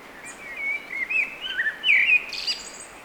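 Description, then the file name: Eurasian blackbird song: a flowing, fluted warble that climbs into strained, squeaky, high notes near the close. "Turdus merula"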